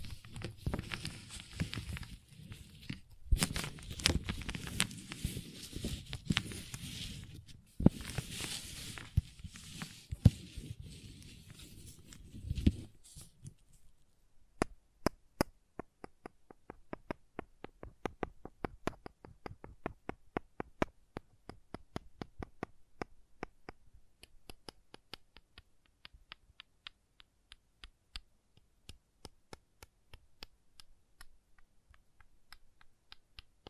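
Crayons scrape and carve in dense, rough bursts for the first thirteen seconds, with a few harder knocks among them. Then the rubbing stops and only crayon tapping remains, a long run of sharp, quick clicks, irregular at first and growing steadier and busier toward the end.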